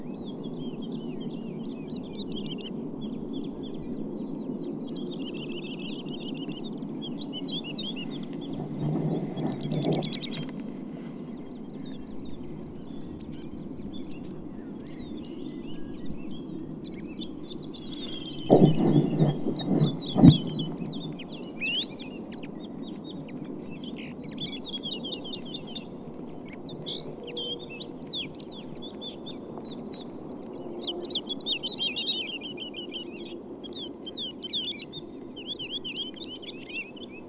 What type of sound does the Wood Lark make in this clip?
flight song